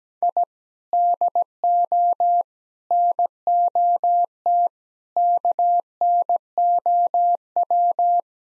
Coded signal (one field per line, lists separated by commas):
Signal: Morse code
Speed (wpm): 17 wpm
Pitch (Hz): 700 Hz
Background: none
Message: I DO NOT KNOW